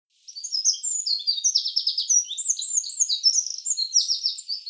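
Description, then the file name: Eurasian wren song, a continuous rapid outpouring of high, piercing trills and rattles, with no pause throughout. "Troglodytes troglodytes"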